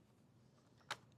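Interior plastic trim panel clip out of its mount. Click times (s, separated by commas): 0.9 s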